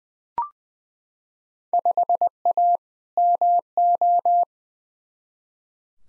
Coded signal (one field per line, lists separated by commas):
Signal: Morse code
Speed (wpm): 21 wpm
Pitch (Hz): 700 Hz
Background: none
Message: 5A MO